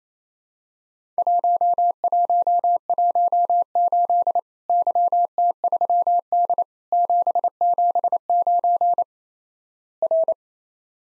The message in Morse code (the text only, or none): 1118 YT3D 779 R